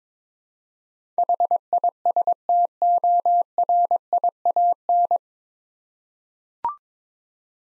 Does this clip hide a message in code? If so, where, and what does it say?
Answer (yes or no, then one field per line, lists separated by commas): yes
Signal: Morse code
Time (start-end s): 1.2-5.2 s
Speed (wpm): 22 wpm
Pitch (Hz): 700 Hz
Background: none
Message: HISTORIAN